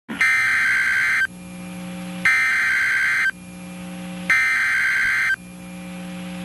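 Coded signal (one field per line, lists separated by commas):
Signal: Emergency Alert System (SAME) tones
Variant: header bursts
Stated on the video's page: Severe thunderstorm warning on NOAA weather radio station WXK35, Waco, Texas.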